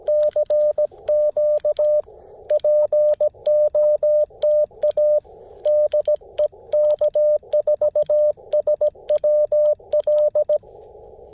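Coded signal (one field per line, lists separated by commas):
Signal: Morse code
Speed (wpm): 17 wpm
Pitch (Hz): 590 Hz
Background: radio noise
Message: CQ POTA DE K4SWL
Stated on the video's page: CW on a POTA park activation using the Chameleon Tactical Delta Loop antenna.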